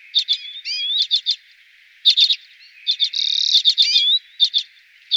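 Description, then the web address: Common redpoll twittering song with rapid chet-like notes, curving slurred whistles and a sustained buzzy trill in the middle. Garden bird. "VOLIERE Les oiseaux de nos jardins. Sizerin flam� - Redpoll"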